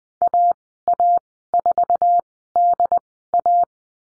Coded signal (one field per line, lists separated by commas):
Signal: Morse code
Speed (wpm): 20 wpm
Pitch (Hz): 700 Hz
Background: none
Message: AA4DA